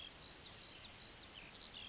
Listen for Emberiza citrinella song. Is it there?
no